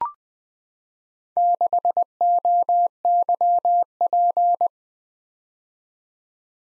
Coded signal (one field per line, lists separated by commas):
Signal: Morse code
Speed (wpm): 21 wpm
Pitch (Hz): 700 Hz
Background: none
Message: 6OYP